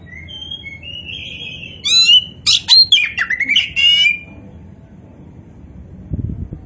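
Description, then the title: Oriental magpie-robin gives a drawn-out whistle, then a quick stream of buzzy, scratchy notes and warbles, followed by quiet with a low thump near the end. Poci form of the bird, described as gacor, singing continuously and vigorously. "Kacer Poci Gacor"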